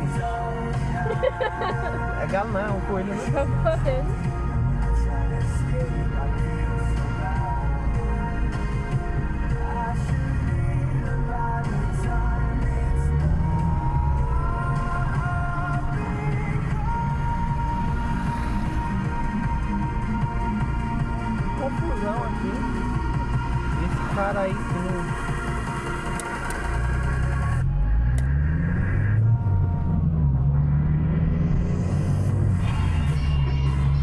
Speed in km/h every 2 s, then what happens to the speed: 0, 0, 1, 13, 6, 11, 18, 17, 15, 10, 6, 5, 3, 5, 19, 33, 44.
0-4 standing. 4-6 pulls away to 13. 9-12 speeds up to 18. 12-25 slows to 3. 25-34 speeds up to 44.